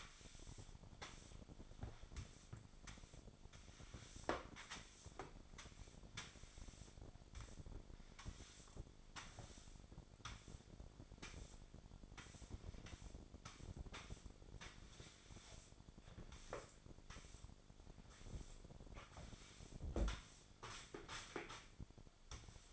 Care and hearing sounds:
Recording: daily activity, microphone in the room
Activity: sweep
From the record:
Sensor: 5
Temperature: 26.3 degrees Celsius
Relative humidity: 38.1%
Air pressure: 1007.1 hPa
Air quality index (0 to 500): 179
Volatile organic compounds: 5 ppm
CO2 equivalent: 1708 ppm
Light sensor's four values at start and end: 53/147/58/57 and 53/150/58/58

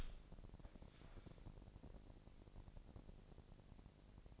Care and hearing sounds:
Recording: daily activity, microphone in the room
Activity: open door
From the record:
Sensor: 5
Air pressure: 1012.4 hPa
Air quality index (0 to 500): 158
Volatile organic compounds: 2 ppm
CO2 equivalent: 1078 ppm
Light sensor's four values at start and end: 248/602/254/278 and 254/616/259/285

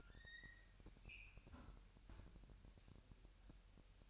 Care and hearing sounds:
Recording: daily activity, microphone in the room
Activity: close fridge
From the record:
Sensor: 2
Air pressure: 1001.8 hPa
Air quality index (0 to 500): 249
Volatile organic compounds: 39 ppm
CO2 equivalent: 3131 ppm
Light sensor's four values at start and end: 8/28/11/10 and 8/28/11/10

